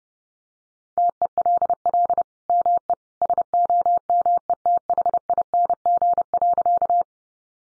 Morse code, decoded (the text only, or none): TELL ME SOMETHING.